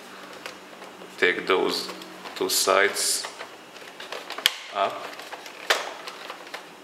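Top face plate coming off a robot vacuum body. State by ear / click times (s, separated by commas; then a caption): released / 5.7 s. Someone talks while lifting the plastic top face plate of an iRobot Roomba 500/600-series robot vacuum up at both sides until its clips let go. A sharp click is heard at 5.7 s as the face plate disconnects and comes free from the robot's body.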